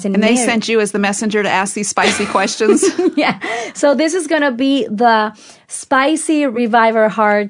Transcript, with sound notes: And they sent you as the messenger to ask these spicy questions? (laughter)
Yes. So this is going to be the spicy Revive Our Hearts.